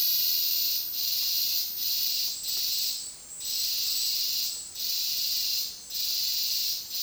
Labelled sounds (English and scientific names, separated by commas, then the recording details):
none
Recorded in dense forest near Puerto Asís, Putumayo, Colombia, on 20 February 2024 at 10:00
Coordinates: 0.466, -76.327
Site G6413